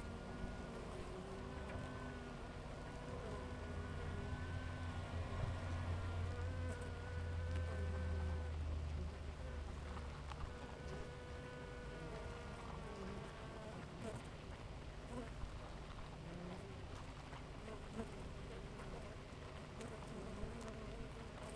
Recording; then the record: honeybee colony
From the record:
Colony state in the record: active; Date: 28 July 2017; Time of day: 5:03